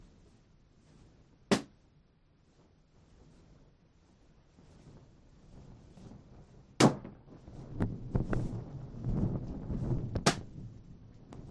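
Balloons popped one at a time with a needle on a stick, sharp bangs near 1.5, 7 and 10 seconds over low rustling and thumps.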